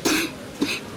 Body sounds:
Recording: coughing mixed with background sound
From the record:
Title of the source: 64 coughing, allergies, singing lungs

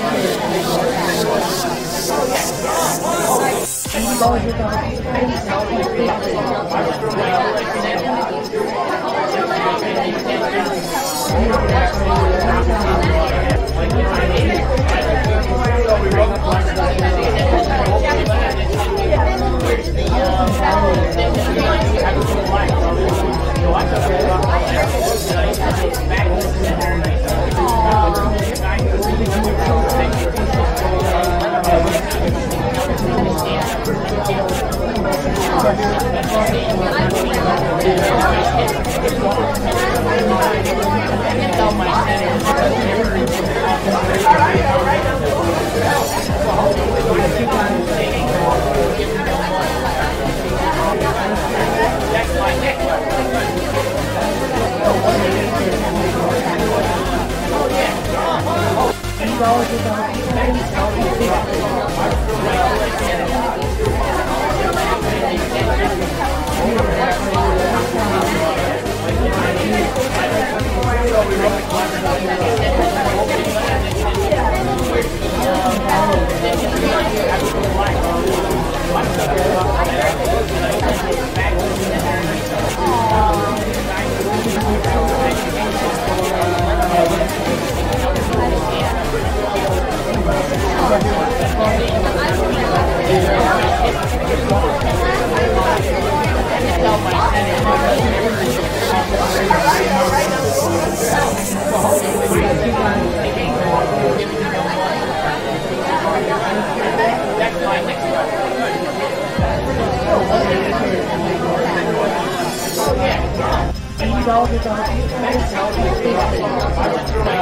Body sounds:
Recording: background sound without coughing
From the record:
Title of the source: Nightlife Party Simulating Party Club Noise 1 Hour

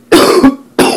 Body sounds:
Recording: coughing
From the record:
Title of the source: Coughing 77

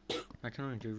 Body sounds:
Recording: coughing mixed with background sound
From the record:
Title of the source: 30 Chesty and wet cough

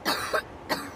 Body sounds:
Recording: coughing mixed with background sound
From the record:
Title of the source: choking, hacking coughing

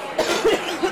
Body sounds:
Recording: coughing mixed with background sound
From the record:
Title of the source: 61 morning phlegmy cough...again

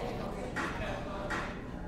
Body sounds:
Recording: background sound without coughing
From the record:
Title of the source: 60 minutes of coffee shop sounds for study and concentration

